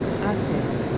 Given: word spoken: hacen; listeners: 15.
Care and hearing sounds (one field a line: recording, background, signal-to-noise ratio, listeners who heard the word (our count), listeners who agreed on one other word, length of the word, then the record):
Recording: one Spanish word in noise, from a listening test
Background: speech-shaped noise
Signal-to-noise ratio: -4.5 dB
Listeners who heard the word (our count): 0 of 15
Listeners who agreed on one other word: 8 of 15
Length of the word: 0.58 s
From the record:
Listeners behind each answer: 8, 2, 1, 1, 1, 1, 1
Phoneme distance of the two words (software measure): 7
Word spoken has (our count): 2 syllables, 4 phonemes, stress on syllable 1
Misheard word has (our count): 2 syllables, 3 phonemes, stress on syllable 1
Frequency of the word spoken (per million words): 154.09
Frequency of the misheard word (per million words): 750.57